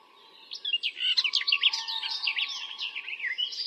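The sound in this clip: Bird twittering begins after a brief quiet moment, then a rapid, unbroken jumble of high chirps and slurred notes, with a low steady hum in the background.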